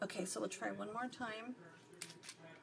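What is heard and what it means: A plastic roller-ball insert is pressed onto the neck of a glass essential-oil bottle on a second try, after it did not click the first time. Someone talks, then a sharp click is heard at 2.0 s as the insert snaps into place. It is confirmed seated on the bottle.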